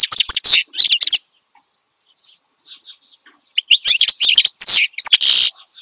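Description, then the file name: Finch song: quick chirping burst, a pause of faint soft notes, then another loud run of high trills and buzzy notes. Energetic ('gacor') finch song, presented as suitable for tutoring songbirds (masteran). "Suara Kicauan Burung Finch Gacor Dor Cocok Untuk Masteran"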